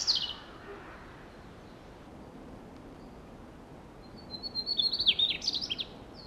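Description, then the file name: Mugimaki flycatcher song: a brief high note at the start, a long pause, then a rapid, high, jumbled twittering phrase of about two seconds. Recorded on 16 June 2012. "Mmugimakii Dacha"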